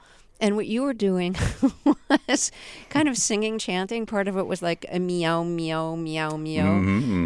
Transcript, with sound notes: And what you were doing was...
(LAUGHTER)
...kind of singing, chanting. Part of it was like a meow, meow, meow,